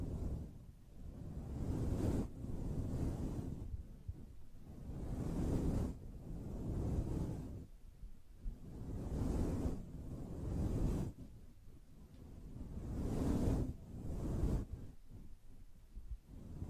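Gentle brushing sweeps back and forth in slow, even strokes, roughly one every one and a half to two seconds. Each pass is a deep, rumbling whoosh with a soft hiss riding on top, separated by brief quieter gaps.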